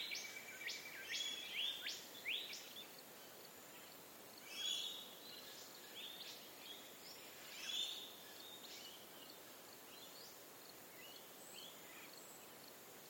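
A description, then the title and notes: Early morning by a river crossing: busy high bird chirps and calls crowd the first seconds, thinning later over a steady soft hiss. Early morning soundscape from a causeway over the North Pine River at Juff's Crossing, Dayboro, SE Qld. Bird species that can be heard include Rose-crowned Fruit Dove, Spectacled Monarch, White-eared Monarch, Golden Whistler, Torresian Crow and Yellow-tailed Black Cockatoo.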